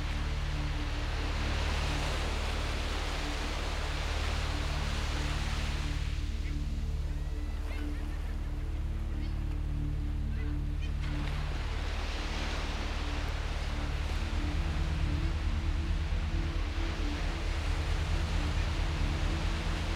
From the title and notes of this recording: Mexican Beach Sleep. This episode is a simple 60-minute relaxation of a Mexican beach sunset with a subtle undertone of bedtime brainwaves.